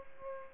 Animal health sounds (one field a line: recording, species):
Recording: mosquito wingbeat signal from an infrared sensor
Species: Aedes aegypti